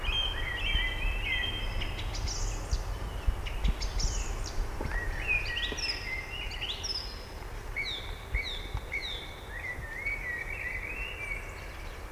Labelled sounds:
Song Thrush (Turdus philomelos) song

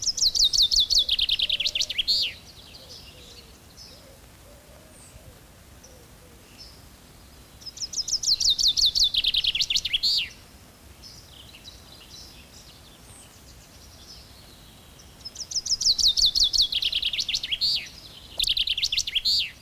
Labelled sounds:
Common Chaffinch (Fringilla coelebs) song

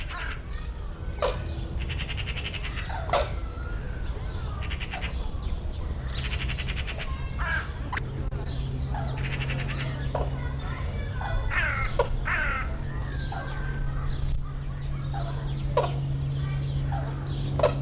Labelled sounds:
Brolga (Grus rubicunda)

